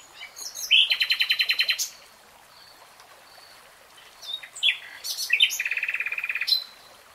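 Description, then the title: Nightingale song of loud rapid rattling trills, each introduced by sharp chirps, with a quiet gap between the two phrases. Nightingale singing in real time. "[Tiếng chim hót] 3 Hours REALTIME Nightingale Singing"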